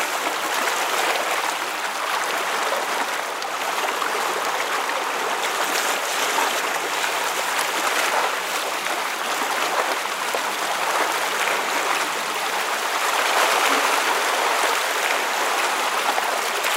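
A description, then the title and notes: Water laps gently against a lakeshore in a continuous, fizzy wash with soft, irregular swells that never fully pause. The sound stays bright and hissy with little low rumble, rising slightly in fullness around the middle and again near the end. Lake Waves. The gentle lapping of water against the shore.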